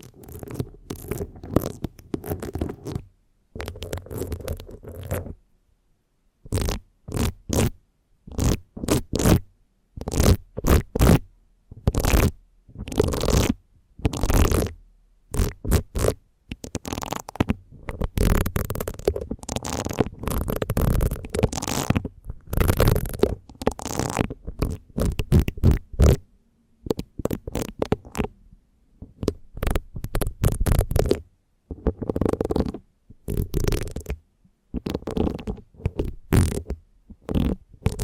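Intense scratching on a microphone, coming as dense rough bursts that span from a low rumble up to bright hiss. The strokes arrive in rapid irregular clusters separated by brief dead-silent gaps, with no other sounds between them.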